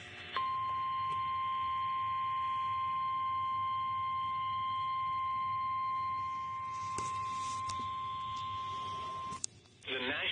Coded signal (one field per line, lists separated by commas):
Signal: Emergency Alert System (SAME) tones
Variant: 1050 Hz attention tone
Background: speech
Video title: (EAS #1,957 - #1,961) NO RADIOS? NO PROBLEM!!! - EAS Alerts from 7/6/24